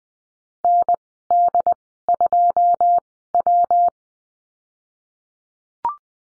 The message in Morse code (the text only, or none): N D 2 W